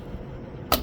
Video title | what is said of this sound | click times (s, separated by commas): Spark Plug Replacement for Cub-Cadet | Pop the boot right on there till you hear it click. | 0.7 s